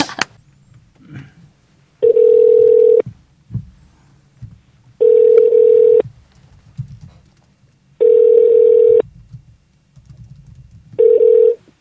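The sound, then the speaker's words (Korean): A telephone dial tone sounds four times as a call is being connected, each a steady mid-pitched buzzing beep about a second long, repeating at even three-second intervals with faint low murmuring in the gaps. “전화 연결 한번 해보겠습니다.”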